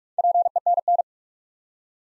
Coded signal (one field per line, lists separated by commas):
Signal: Morse code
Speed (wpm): 44 wpm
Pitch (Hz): 700 Hz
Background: none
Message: PENN